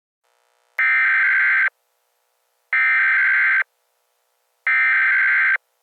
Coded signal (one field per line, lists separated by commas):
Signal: Emergency Alert System (SAME) tones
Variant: header bursts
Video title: EAS Scenario - The Cataclysm